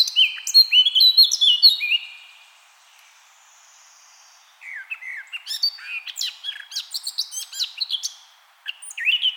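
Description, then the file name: Eurasian blackcap song: a bright burst of clear, fluty whistled notes, a short near-silent pause, then a rapid, jumbled, chattering warble. "Sylvia atricapilla"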